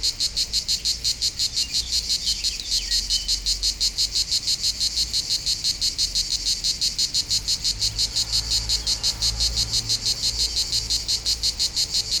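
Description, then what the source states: Cicadas produce a continuous rhythmic rasp, beats arriving about three per second, with faint low background noise. Local cicadas in full activity on a hot summer day at the foot of the Molard de Vions, 39 Rue de Boveron, Vions, France; rhythmic song.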